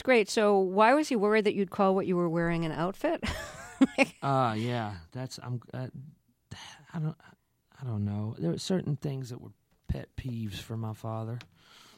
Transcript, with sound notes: So why was he worried that you'd call what you were wearing an outfit?
(LAUGHTER)
Oh, yeah. That's, I'm - I don't know. There were certain things that were pet peeves for my father.